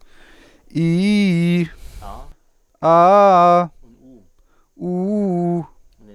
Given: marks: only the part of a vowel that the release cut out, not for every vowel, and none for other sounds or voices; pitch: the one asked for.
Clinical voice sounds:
sustained vowels; male; 20 to 29 years
0.79-1.60 s: vowel /i/, low-high-low pitch
2.88-3.61 s: vowel /a/, low-high-low pitch
4.83-5.56 s: vowel /u/, low-high-low pitch
From the record:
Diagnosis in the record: healthy voice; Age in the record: 22 years

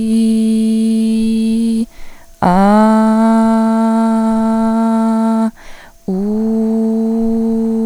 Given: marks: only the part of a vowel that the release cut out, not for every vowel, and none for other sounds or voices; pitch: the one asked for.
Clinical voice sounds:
sustained vowels; female; 20 to 29 years
0.00-1.08 s: vowel /i/, normal pitch
3.30-4.03 s: vowel /a/, normal pitch
6.15-7.17 s: vowel /u/, normal pitch
From the record:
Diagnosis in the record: stuttering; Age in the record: 29 years

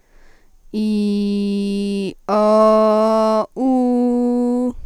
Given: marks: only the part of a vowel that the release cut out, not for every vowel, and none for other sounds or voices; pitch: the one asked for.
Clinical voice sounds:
sustained vowels; female; 18 to 19 years
0.79-2.05 s: vowel /i/, low pitch
2.35-3.39 s: vowel /a/, low pitch
3.63-4.66 s: vowel /u/, low pitch
From the record:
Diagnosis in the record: healthy voice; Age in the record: 18 years

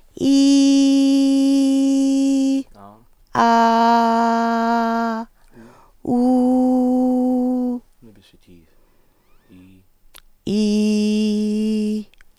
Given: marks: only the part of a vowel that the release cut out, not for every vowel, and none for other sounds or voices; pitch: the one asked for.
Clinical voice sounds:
sustained vowels; female; 40 to 49 years
0.31-1.82 s: vowel /i/, high pitch
3.45-5.13 s: vowel /a/, high pitch
6.21-7.62 s: vowel /u/, high pitch
10.58-11.93 s: vowel /i/, low pitch
From the record:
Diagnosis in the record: recurrent laryngeal nerve paralysis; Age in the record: 40 years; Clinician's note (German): Idiopathische mit sehr breiter glottischer Insuffizienz

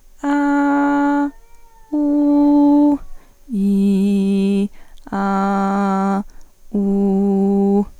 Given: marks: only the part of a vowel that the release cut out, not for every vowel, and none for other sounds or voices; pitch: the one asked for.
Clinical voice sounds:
sustained vowels; female; 20 to 29 years
0.41-1.21 s: vowel /a/, high pitch
2.07-2.89 s: vowel /u/, high pitch
3.63-4.59 s: vowel /i/, low pitch
5.26-6.12 s: vowel /a/, low pitch
6.86-7.77 s: vowel /u/, low pitch
From the record:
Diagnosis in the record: healthy voice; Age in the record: 20 years

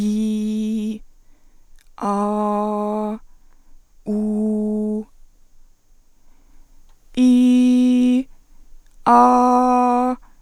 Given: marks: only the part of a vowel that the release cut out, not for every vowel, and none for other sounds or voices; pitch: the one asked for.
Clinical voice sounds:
sustained vowels; female; 20 to 29 years
0.00-0.89 s: vowel /i/, normal pitch
2.25-2.98 s: vowel /a/, normal pitch
4.12-4.96 s: vowel /u/, normal pitch
7.26-8.09 s: vowel /i/, high pitch
9.26-10.03 s: vowel /a/, high pitch
From the record:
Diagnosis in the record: healthy voice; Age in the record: 22 years

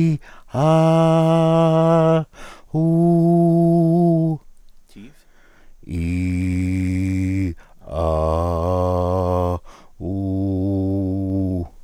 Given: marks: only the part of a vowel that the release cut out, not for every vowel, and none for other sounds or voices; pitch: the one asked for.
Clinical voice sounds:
sustained vowels; male; 40 to 49 years
0.67-2.04 s: vowel /a/, high pitch
2.78-3.99 s: vowel /u/, high pitch
6.01-7.39 s: vowel /i/, low pitch
8.51-9.48 s: vowel /a/, low pitch
10.26-11.49 s: vowel /u/, low pitch
From the record:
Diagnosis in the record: dysarthrophonia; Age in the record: 41 years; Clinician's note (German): Ausgeprägte laryngale Bewegungsstörung, langsame monotone Prosodie

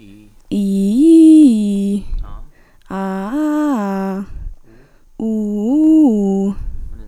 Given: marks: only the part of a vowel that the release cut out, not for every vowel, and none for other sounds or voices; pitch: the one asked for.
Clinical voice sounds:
sustained vowels; female; 18 to 19 years
0.59-1.92 s: vowel /i/, low-high-low pitch
2.96-3.86 s: vowel /a/, low-high-low pitch
5.26-6.46 s: vowel /u/, low-high-low pitch
From the record:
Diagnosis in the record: healthy voice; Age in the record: 18 years

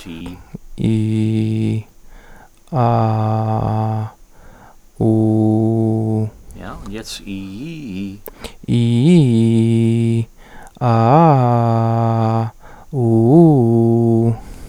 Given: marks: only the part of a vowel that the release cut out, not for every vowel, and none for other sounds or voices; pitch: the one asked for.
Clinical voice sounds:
sustained vowels; male; 20 to 29 years
0.88-1.74 s: vowel /i/, low pitch
2.91-3.93 s: vowel /a/, low pitch
5.04-6.19 s: vowel /u/, low pitch
8.73-10.01 s: vowel /i/, low-high-low pitch
10.86-12.04 s: vowel /a/, low-high-low pitch
13.40-14.30 s: vowel /u/, low-high-low pitch
From the record:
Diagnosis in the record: stuttering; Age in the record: 23 years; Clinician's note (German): Leichte Diplophonie

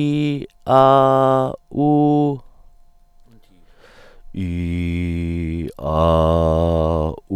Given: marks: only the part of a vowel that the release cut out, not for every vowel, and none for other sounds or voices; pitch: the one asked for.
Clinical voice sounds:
sustained vowels; male; 40 to 49 years
0.84-1.45 s: vowel /a/, high pitch
4.52-5.56 s: vowel /i/, low pitch
5.96-7.03 s: vowel /a/, low pitch
From the record:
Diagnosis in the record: healthy voice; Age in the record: 42 years

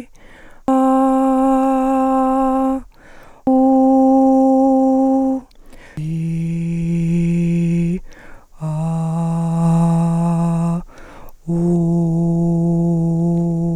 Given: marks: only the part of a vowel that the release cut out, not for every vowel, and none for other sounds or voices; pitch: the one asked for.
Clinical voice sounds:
sustained vowels; female; 30 to 39 years
0.78-2.58 s: vowel /a/, high pitch
3.60-5.31 s: vowel /u/, high pitch
6.15-7.80 s: vowel /i/, low pitch
8.92-10.67 s: vowel /a/, low pitch
11.64-13.43 s: vowel /u/, low pitch
From the record:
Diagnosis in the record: arytenoid dislocation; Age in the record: 37 years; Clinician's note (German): Verdacht auf Luxation re

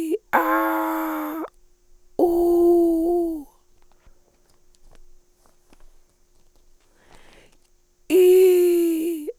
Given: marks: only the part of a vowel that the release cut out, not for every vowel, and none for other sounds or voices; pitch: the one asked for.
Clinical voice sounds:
sustained vowels; female; 70 to 79 years
0.49-1.26 s: vowel /a/, high pitch
2.55-3.17 s: vowel /u/, high pitch
8.20-8.90 s: vowel /i/, low pitch
From the record:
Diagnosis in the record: Reinke's edema, hyperfunctional dysphonia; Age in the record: 73 years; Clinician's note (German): Zustand nach Abtragung

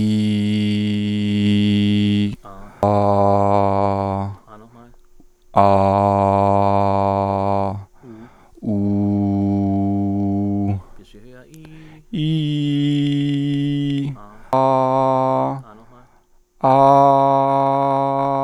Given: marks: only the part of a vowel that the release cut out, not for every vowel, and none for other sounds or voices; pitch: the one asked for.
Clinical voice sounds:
sustained vowels; male; 30 to 39 years
0.00-1.32 s: vowel /i/, normal pitch
5.82-7.22 s: vowel /a/, normal pitch
8.83-10.53 s: vowel /u/, normal pitch
12.27-13.93 s: vowel /i/, high pitch
16.95-18.21 s: vowel /a/, high pitch
From the record:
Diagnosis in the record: stuttering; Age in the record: 35 years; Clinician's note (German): Stimmlippen ohne Befund

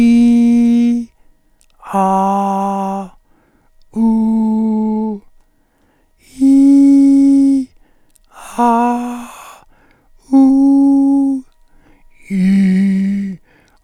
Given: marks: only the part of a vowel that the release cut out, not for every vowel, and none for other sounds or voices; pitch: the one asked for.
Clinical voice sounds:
sustained vowels; male; 70 to 79 years
0.00-0.88 s: vowel /i/, normal pitch
4.12-5.04 s: vowel /u/, normal pitch
6.68-7.53 s: vowel /i/, high pitch
10.52-11.18 s: vowel /u/, high pitch
12.44-13.19 s: vowel /i/, low pitch
From the record:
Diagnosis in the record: cordectomy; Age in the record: 71 years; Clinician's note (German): Zustand danach, rechts

